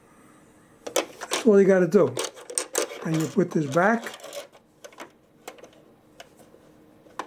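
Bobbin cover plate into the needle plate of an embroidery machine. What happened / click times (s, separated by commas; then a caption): The cover is being handled and has not yet clicked home / none. On a Brother PE-900 embroidery machine, a fresh bobbin has been installed and its thread pulled through the groove and cut by the small blade, and the plastic bobbin cover plate is being put back into the needle plate. Someone talks over light plastic taps and handling clicks scattered through the clip. The cover plate has not seated or clicked into place yet.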